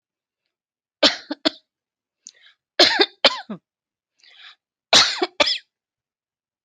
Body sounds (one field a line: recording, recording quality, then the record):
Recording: heavy voluntary cough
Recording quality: excellent, no background noise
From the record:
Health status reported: healthy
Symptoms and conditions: hypertension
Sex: female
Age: 42 years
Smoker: not ticked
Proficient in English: yes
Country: India